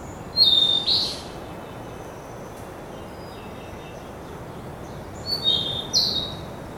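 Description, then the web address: Ryukyu flycatcher giving high thin whistled notes, one brief phrase early and two more near the end, over steady low background noise. Recorded on Nakanoshima, Japan, on 24 May 2016. "koe ryukyukibitaki 20160524 nakanoshima sekishinichi"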